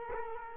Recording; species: mosquito wingbeat signal from an infrared sensor; Culex quinquefasciatus